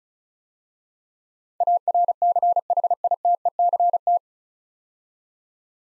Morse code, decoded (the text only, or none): ARCHITECT